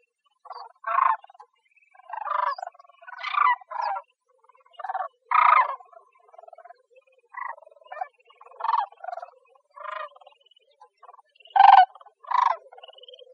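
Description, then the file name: Sandhill crane calls, rattling and bugling, given in separate bursts at irregular intervals throughout. "AZFO SACR 1 A deviche"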